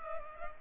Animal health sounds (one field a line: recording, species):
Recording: mosquito wingbeat signal from an infrared sensor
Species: Culex pipiens